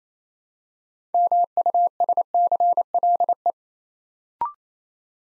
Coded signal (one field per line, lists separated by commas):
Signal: Morse code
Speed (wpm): 29 wpm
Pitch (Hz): 700 Hz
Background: none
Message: MUSCLE